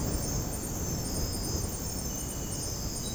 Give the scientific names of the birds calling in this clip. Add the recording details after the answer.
none. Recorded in dense forest near Puerto Asís, Putumayo, Colombia, on 20 February 2024 at 04:00. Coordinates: 0.486, -76.316. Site G6437